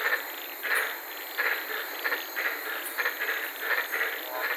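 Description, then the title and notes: White-lipped tree frogs barking in short, repeated notes, about one and a half per second, in a steady chorus over hiss. Several frogs calling at night in the Daintree rainforest, Queensland, recorded from inside a car. "White Lipped Frog Podcast. I was sitting in my car in the Daintree rainforest in Queensland this night and fell asleep listening to these amazing White lipped frogs"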